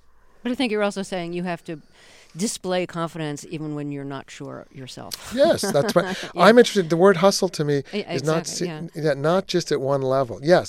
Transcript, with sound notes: But I think you're also saying you have to display confidence even when you're not sure yourself.
(LAUGHTER)
Yes, that's right.
Yeah.
I'm interested - the word hustle to me...
Exactly. Yeah.
...not just at one level.